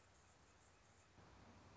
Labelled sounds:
Anna's Hummingbird
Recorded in Sonoma County, California

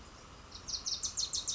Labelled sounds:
Wilson's Warbler
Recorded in Sonoma County, California

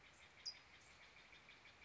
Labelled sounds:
California Towhee
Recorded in Sonoma County, California

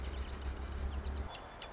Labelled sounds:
Marsh Wren
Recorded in Sonoma County, California

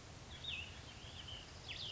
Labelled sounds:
Cassin's Vireo
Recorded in Sonoma County, California

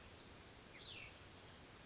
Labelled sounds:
Cassin's Vireo
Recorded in Sonoma County, California

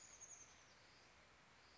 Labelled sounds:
Chestnut-backed Chickadee
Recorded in Sonoma County, California

